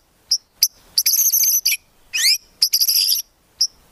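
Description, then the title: White-rumped shama giving sharp high chirps, rapid trilled bursts and one rising buzzy sweep, separated by short silences. Lure song used for trapping. "Pikat Murai Batu"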